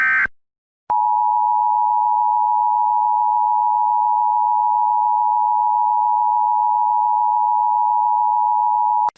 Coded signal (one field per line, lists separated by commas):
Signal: Emergency Alert System (SAME) tones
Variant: 853 and 960 Hz attention tone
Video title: EAS Scenarios Midwestern Chaos ENHANCED (Part 2)